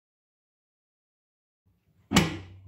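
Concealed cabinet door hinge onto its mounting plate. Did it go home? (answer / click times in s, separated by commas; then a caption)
yes / 2.2 s. A concealed soft-close cabinet door hinge is pushed onto the base plate fixed in the cabinet. After near silence with a few faint low rustles, one sharp click sounds at 2.2 s and decays quickly. The hinge clips onto the mounting plate and is properly fitted.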